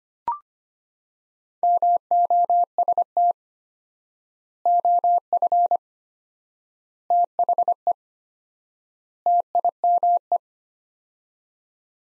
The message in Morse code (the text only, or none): MOST OF THE TIME